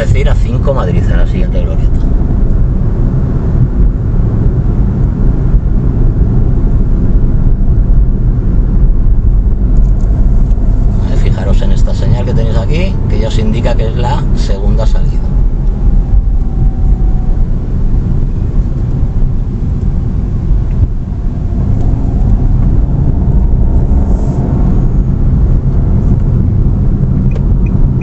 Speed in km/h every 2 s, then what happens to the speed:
39, 45, 44, 43, 43, 41, 41, 36, 31, 28, 24, 21, 25, 36.
0-2 speeds up to 45. 2-12 steady at about 43. 12-22 slows to 21. 23-28 speeds up to 36.